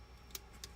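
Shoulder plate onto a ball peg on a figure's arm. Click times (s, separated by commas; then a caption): 0.3 s. A red-topped plastic shoulder plate is pushed onto a small ball peg on the arm of a Blokees Marvel Champion Iron Man building-block figure kit, and it snaps into place with a short, sharp tick at 0.4 s. A second short tick follows at 0.6 s over a quiet, low background. The shoulder plate is seated.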